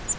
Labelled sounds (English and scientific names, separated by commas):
Grace's Warbler (Setophaga graciae) flight call